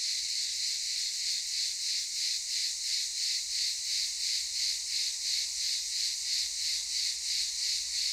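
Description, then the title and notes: Cicadas giving a constant shrill buzzing, evenly pulsed around three times a second. Cicadas recorded in daytime at Aylak Yaşam Camp, Çıralı, Kemer, Antalya, Turkey. "Ulupınar Mahallesi, Çıralı Yolu, 07980 Kemer/Antalya, Turkey - Cicadas daytime. Aylak Yaşam Camp, cicadas in daytime"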